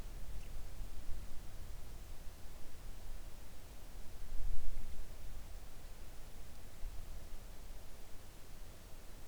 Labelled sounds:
near silence
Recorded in the Arctic National Wildlife Refuge, Alaska, on 3 August 2019 at 05:34
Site 41

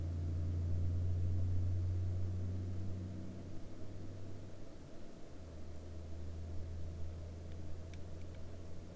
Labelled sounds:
aircraft
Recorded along the Dalton Highway, Alaska, on 11 April 2019 at 08:12
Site 04

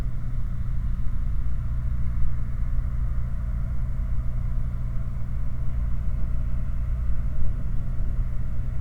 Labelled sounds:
machinery
flare stack
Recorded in the Prudhoe Bay oil fields, Alaska, on 9 August 2019 at 23:58
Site 29

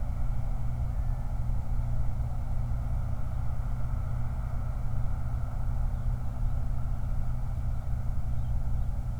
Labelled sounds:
bird
vehicle
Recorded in the Prudhoe Bay oil fields, Alaska, on 29 July 2019 at 03:38
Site 29

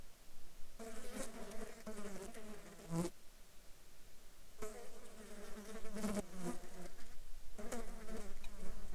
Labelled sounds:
insects
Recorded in the Arctic National Wildlife Refuge, Alaska, on 14 July 2019 at 21:22
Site 35

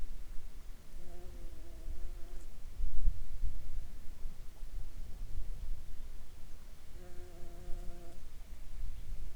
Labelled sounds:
bird
water
insects
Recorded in the Prudhoe Bay oil fields, Alaska, on 29 July 2019 at 10:25
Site 21

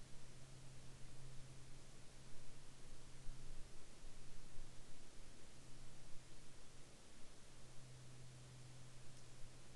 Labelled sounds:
near silence
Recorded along the Dempster Highway, Canada, on 23 March 2020 at 06:12
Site 11

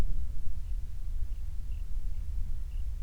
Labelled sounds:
wind
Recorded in the Prudhoe Bay oil fields, Alaska, on 28 July 2019 at 05:30
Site 25

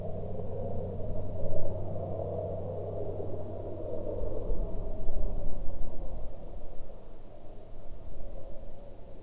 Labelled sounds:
aircraft
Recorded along the Dempster Highway, Canada, on 5 April 2020 at 09:32
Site 14

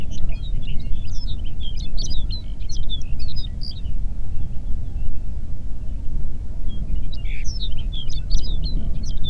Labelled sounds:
songbird
waterfowl
wind
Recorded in the Prudhoe Bay oil fields, Alaska, on 8 June 2019 at 04:16
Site 30

